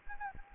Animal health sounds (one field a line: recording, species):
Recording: mosquito wingbeat signal from an infrared sensor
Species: Anopheles gambiae